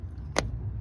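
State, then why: Seated. A glow plug wiring harness connector is pushed back onto a glow plug terminal on the 1.5 dCi K9K diesel engine of a Nissan NV200. Against a low background rumble, a single short, sharp snap sounds at 0.4 s, and the connector is seated.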